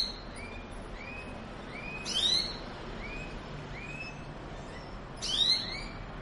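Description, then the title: Belgian canary song, fairly soft, with a run of gentle arched chirps and two brighter rising sweeps about three seconds apart. Song used to stimulate canaries to sing and warm up; the Indonesian title describes a mating canary sound. "Canto Para Esquentar Canário Belga. suara kenari kawin"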